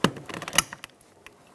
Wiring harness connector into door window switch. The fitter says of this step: listen for a click give that a tug to make sure it's secure